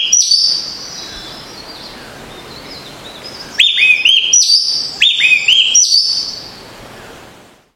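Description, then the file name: Green oriole song: clear whistled phrases with quick slurred notes, an opening phrase, then after a pause three similar phrases in quick succession. "Canto do pirolle verde"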